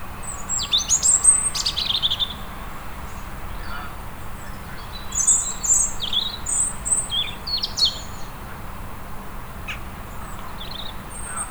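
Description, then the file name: European robin song: thin, high sharp notes and short twittering phrases in scattered bursts over a steady low background hiss. "Erithacus rubecula"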